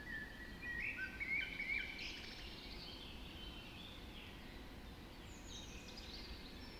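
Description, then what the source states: Birds in a dawn chorus, a few short whistled phrases near the start, then faint chirping over a steady low rumble. Dawn chorus recorded just after dawn in the Forest of Dean.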